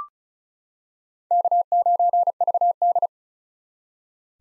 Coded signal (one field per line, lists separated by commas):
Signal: Morse code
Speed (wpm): 34 wpm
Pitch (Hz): 700 Hz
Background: none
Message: K9VD